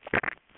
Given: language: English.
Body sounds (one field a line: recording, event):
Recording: throat vibration sensor signal played as sound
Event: swallow